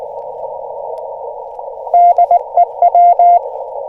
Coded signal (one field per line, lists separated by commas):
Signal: Morse code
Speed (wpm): 21 wpm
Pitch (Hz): 690 Hz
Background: none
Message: DEW